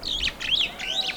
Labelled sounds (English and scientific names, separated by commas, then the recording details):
Superb Starling (Lamprotornis superbus) flight call
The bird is a male
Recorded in Kenya on 9 April 2009 at 16:07
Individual 62, of group MRCV